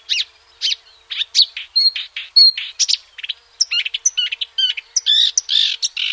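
Marsh warbler song of varied scratchy notes, thin whistles and bent chirps delivered in quick succession, ending in a burst of harsh rasping notes.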